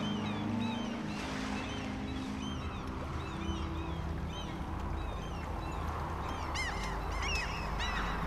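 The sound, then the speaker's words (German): A crowd of seabirds calls continuously, short honking and squawking cries overlapping in a busy chorus above a steady low rumble of water and wind. “Wie viele Fische, wie viele Vögel in der Luft.”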